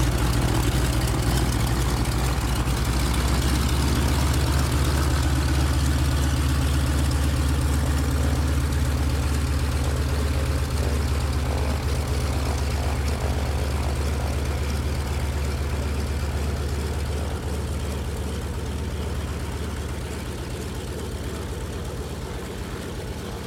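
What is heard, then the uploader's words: A single-prop piston bush plane runs its engine in a steady, throbbing drone, heavy in the low end with a dense rumble and a rattling buzz above it. The sound stays nearly constant, fading slightly toward the end. De Havilland Canada DHC - 2 Beaver. Single prop, piston-driven, STOL bush plane.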